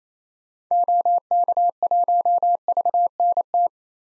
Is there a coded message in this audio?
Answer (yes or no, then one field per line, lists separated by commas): yes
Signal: Morse code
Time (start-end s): 0.7-3.7 s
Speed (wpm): 27 wpm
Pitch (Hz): 700 Hz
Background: none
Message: OK1VNT